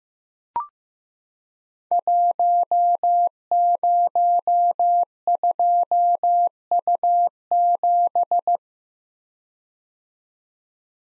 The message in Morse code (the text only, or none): 102U7